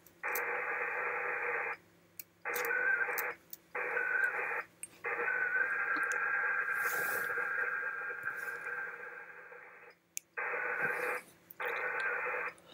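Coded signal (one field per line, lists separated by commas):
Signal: HF data modem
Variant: ARDOP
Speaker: well let's give it a shot we'll see if we can establish a connection I did it five minutes ago and it worked for this station you're w9f e so we'll try this and we'll see how it goes here we go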